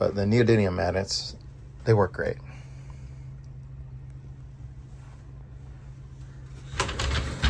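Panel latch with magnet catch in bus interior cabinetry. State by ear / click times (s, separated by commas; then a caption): not seated / none. A panel latch with a neodymium magnet catch on the cabinetry inside a bus conversion is handled while someone talks, followed by a quiet stretch with faint low hum. Near the end, sharp knocks and rattling come as the panel is pushed toward shut. Nothing has seated or locked into place yet.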